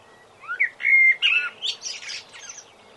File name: Birdsong Blackbird